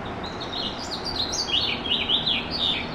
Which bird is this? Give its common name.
House Finch